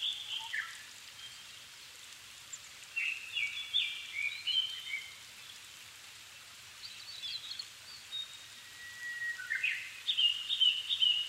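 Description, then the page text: Japanese thrush singing varied fluty phrases in bursts, some trilled and some sliding, separated by short pauses, over a constant soft hiss. Japan, altitude 270 m; 7 May 2011 at 17:59, evening; recorded with Sony PCM-D50 and Panasonic WM-61A mic. "kurotugumi 20110507-1759. Turdus cardis [Sounds -Nikko Today-]. 5/ 7 2011, 17:59"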